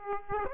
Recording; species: mosquito wingbeat signal from an infrared sensor; Aedes aegypti